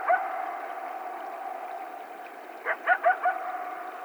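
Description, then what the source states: Coyote yipping: a brief yelp at the start, then a quick run of four high, bending yips near the end over a steady droning hum. Several coyotes, recorded on 12 July 2010.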